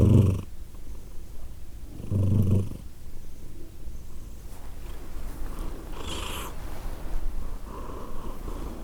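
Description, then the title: Cat purr, low rumbling bursts at the start and around two seconds, then a quieter steady hum with a brief airy breath sound later. Cat named Edith purring, recorded in Glasgow, Scotland, in December 2023. "Edith purring, Glasgow, Scotland in December 2023 – by Steve Urquhart"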